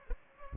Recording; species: mosquito wingbeat signal from an infrared sensor; Culex pipiens